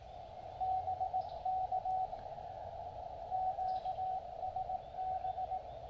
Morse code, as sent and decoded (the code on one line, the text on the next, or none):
-... -.- / --.- ... -...
BK QSB